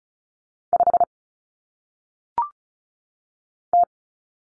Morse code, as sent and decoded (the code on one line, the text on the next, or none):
..... / -
5 T